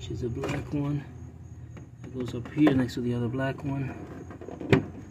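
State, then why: Seated. A black power wire's push-on terminal is pressed onto its spade terminal on a Craftsman table saw motor, next to the other black wire, while someone talks. A sharp snap at 4.7 s marks the terminal seating on the motor terminal.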